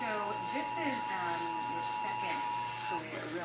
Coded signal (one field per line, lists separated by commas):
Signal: Emergency Alert System (SAME) tones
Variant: 853 and 960 Hz attention tone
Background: speech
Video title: (EAS #321-328) January 2023 Texas Required Monthly Test